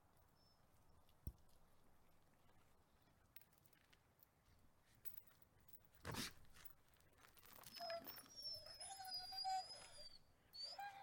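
Wolves howl in long, wavering tones during the last few seconds, after a quiet low rumble broken by a sharp click and a loud burst.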